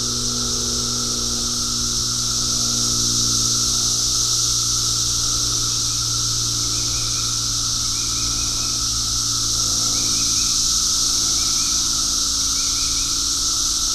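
Cicada chorus holds a constant high buzz while short faint notes appear in the second half, over layered low humming tones.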